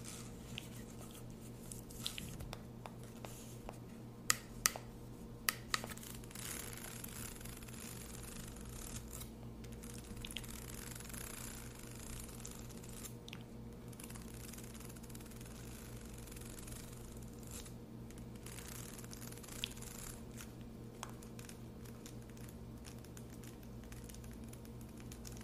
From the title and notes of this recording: Primeiro ASMR do ano de 2024 com muitos sons de boca, tapping, scratching e luzes.